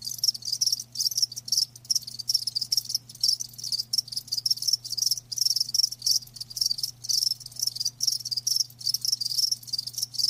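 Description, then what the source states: Cricket chirping in rapid high pulsed bursts, each lasting a fraction of a second and separated by short pauses, with a low steady hum underneath. Live crickets chirping; a lulling song.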